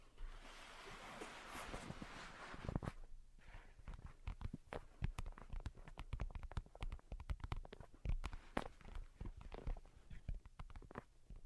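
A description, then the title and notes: Delicate tapping begins after a soft, hissy rustling sweep in the first three seconds. From there come dense, irregular taps, quick light clicks mixed with a few firmer knocks, continuing at a lively, uneven pace to the end over a faint low hum. Most Delicate and Calming Tapping.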